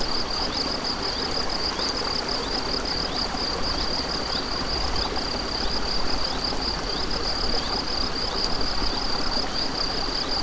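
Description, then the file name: Cricket song, a steady high pulsing trill held throughout, with short chirps repeating above a constant rushing stream. Crickets recorded beside a stream on 7 May 2014 with an MZ-N710 recorder. "MZ-N 710 Ruisseau et grillons 7 05 14"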